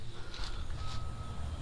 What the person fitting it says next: Now there it is. I got it to snap in that little groove that's in that pin.